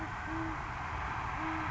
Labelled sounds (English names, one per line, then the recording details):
Band-tailed Pigeon
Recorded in Sonoma County, California